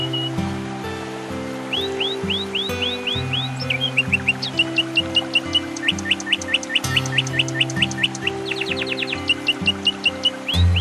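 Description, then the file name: Canary song of rapid rising whistled sweeps in quick repeated runs, some trilled bursts, over steady low droning tones throughout. Canary song mixed with nature sounds. "suara kenari dan suara alam"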